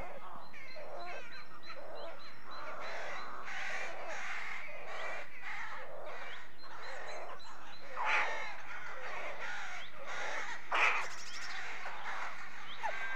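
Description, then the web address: Rooks calling from a busy colony, a dense overlapping chorus of harsh, grating caws from many birds, with a few louder caws standing out near the end. A rookery, with the birds at their nests. "BBC Sound Effects Library. Rookery"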